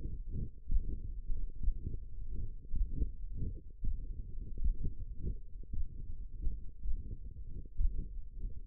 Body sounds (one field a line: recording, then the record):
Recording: forearm muscle sounds (acoustic myography)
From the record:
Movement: finger pinch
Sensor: system 1, eight BSWA MPA416 microphones around the upper forearm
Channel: 3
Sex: male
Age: 23 years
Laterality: right